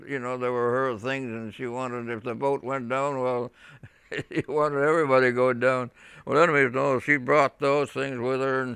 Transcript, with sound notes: But, you know, they were her things and she wanted, if the boat went down, well, ( he laughs ) wanted everybody to go down. Anyway, she brought those things with her.